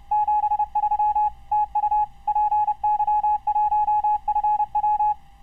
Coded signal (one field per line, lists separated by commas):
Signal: Morse code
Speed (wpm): 29 wpm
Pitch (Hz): 840 Hz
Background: none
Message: 73 TU PY1FW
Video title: Enviando QTC no contest WAE com N1MM